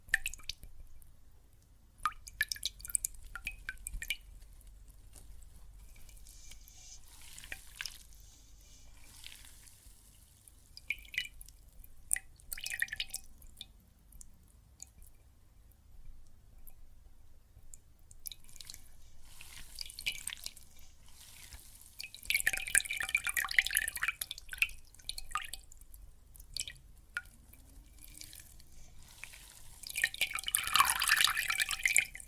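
Water and soap foam crackle and fizz with irregular wet pops and drips, growing busier and brighter after twenty seconds over a low hum.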